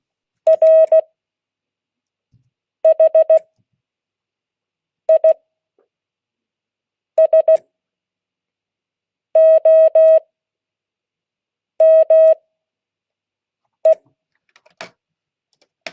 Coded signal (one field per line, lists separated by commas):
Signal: Morse code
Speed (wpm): 16 wpm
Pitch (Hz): 640 Hz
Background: none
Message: RHISOME